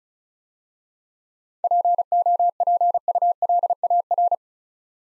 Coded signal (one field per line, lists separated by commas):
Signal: Morse code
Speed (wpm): 35 wpm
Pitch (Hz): 700 Hz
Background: none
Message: POPULAR